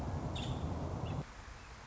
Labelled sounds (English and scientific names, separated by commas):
Nuttall's Woodpecker (Dryobates nuttallii)